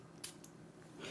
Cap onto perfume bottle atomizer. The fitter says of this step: good good atomizer I do like the way the cap clicks into place